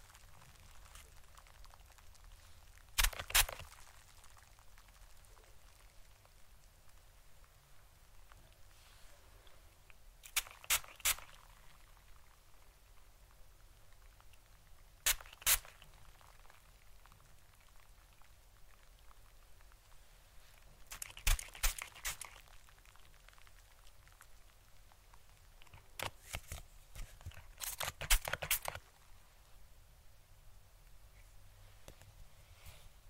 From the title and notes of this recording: Fluffy Mic TRIGGERS. No Talking.